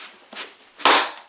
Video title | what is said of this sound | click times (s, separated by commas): Graco Junior Maxi Car Seat assembly. How to assemble Graco lightweight high back booster seat. | and then with a bit of force click into place now | 0.9 s